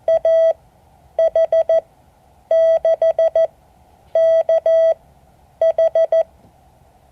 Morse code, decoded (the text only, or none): AH6KH